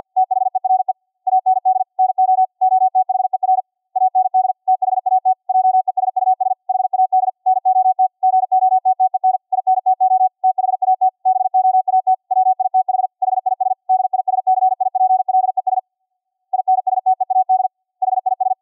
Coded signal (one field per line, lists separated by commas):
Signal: Morse code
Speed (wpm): 50 wpm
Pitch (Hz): 750 Hz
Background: radio noise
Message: THERE AND NO OTHER AND THAT JESUS HAD NOT GOTTEN INTO THAT BOAT WITH HIS DISCIPLES INSTEAD HIS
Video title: Narrow Band QRQ CW filter, 50 hz wide, 2 APP combo to get rid of ringing & howling - 50 wpm test